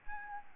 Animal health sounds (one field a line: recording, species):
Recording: mosquito wingbeat signal from an infrared sensor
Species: Aedes albopictus